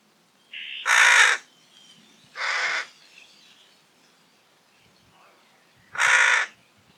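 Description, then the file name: Carrion crow cawing three times, rough and hoarse, the first preceded by a short softer note, with a long pause before the last caw. "Corvus corone"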